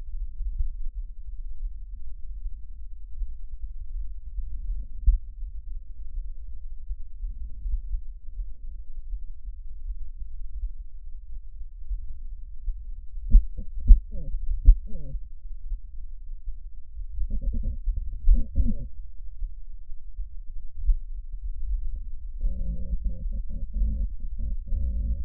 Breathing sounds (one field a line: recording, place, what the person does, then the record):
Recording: lung sounds by stethoscope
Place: trachea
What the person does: quiet breathing, then cough and speech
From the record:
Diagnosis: COPD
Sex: female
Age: 72 years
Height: 156 cm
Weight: 72 kg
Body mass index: 29.6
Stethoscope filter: bell mode